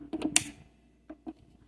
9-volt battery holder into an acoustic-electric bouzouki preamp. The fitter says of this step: and it's clicked into place.